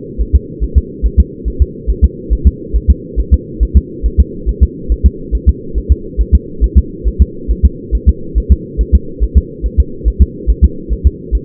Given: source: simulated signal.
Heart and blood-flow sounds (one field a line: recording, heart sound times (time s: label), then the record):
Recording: fetal heart sounds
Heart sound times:
0.21 s: S1
0.36 s: S2
0.63 s: S1
0.78 s: S2
1.06 s: S1
1.20 s: S2
1.48 s: S1
1.62 s: S2
1.90 s: S1
2.04 s: S2
2.33 s: S1
2.47 s: S2
2.76 s: S1
2.90 s: S2
3.20 s: S1
3.34 s: S2
3.63 s: S1
3.77 s: S2
4.06 s: S1
4.20 s: S2
4.49 s: S1
4.63 s: S2
4.92 s: S1
5.06 s: S2
5.35 s: S1
5.49 s: S2
5.78 s: S1
5.92 s: S2
6.21 s: S1
6.35 s: S2
6.64 s: S1
6.78 s: S2
7.08 s: S1
7.22 s: S2
7.51 s: S1
7.65 s: S2
7.95 s: S1
8.09 s: S2
8.38 s: S1
8.52 s: S2
8.81 s: S1
8.95 s: S2
9.23 s: S1
9.38 s: S2
9.66 s: S1
9.80 s: S2
10.08 s: S1
10.22 s: S2
10.50 s: S1
10.64 s: S2
10.92 s: S1
11.07 s: S2
11.35 s: S1
From the record:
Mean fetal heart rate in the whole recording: 140 bpm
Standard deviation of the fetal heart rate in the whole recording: 2 bpm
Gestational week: 34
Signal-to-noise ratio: -4.3 dB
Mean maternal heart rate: 72 bpm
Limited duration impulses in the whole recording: absent